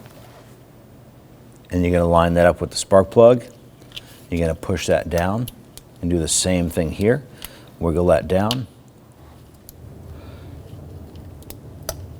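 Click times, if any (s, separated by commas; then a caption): 11.9 s. A rubber spark plug wire boot on a 1997-2006 Jeep Wrangler is lined up with the spark plug, pushed and wiggled down onto it while someone talks. After faint handling noises, a sharp snap at 11.9 s marks the boot seating onto the spark plug.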